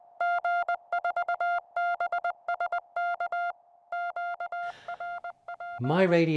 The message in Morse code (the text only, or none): G4BSK QRP